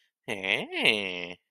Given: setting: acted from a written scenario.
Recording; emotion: vocal sound without words; romantic love